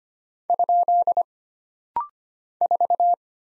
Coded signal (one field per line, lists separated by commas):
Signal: Morse code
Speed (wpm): 25 wpm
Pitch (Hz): 700 Hz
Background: none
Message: ? 4